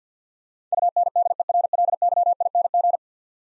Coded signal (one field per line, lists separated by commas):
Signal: Morse code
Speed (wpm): 46 wpm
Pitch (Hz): 700 Hz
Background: none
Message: UNDERLYING